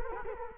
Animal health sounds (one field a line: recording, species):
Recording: mosquito wingbeat signal from an infrared sensor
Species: Culex quinquefasciatus